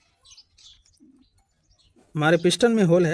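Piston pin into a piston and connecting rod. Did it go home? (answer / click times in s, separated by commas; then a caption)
no / none. A piston pin is lined up hole to hole between a connecting rod and a piston, before being pushed through, on a Super Splendor engine rebuild; nothing has seated or clicked yet. Faint, quiet handling sounds and small taps are heard through the first two seconds. Someone then talks loudly from about 2.1 s to the end.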